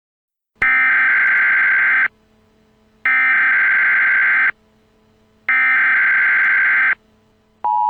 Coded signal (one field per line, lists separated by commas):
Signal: Emergency Alert System (SAME) tones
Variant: header bursts